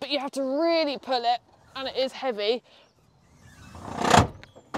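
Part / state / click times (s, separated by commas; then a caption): sliding rear bench seat into its floor latch / seated / 4.4 s, 4.8 s. Someone talks, then the heavy sliding rear bench seat of a Volkswagen California T6.1 campervan is pulled forward with a building scraping rumble until it stops. It latches into its floor latch with sharp clicks at 4.4 s and 4.8 s, and the seat is clicked into place.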